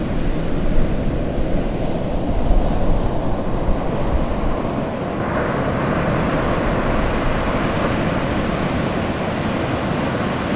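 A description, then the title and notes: Ocean waves wash steadily onto a beach in a continuous, dense roar weighted toward the low end. The surf stays fairly even throughout, with a slightly louder swell near two to three seconds and a brighter hiss of foam entering around five seconds. Surfer Beach Ocean Waves.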